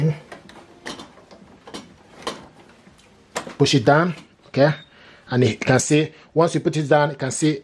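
A plastic ink cartridge is pushed down into its slot in the printhead carriage of a Canon Pixma TS9551C all-in-one wireless printer. After a few faint knocks and rattles, it snaps home with a sharp click at 3.4 seconds while someone talks. The cartridge is seated and the printer's panel shows it as loaded and installed.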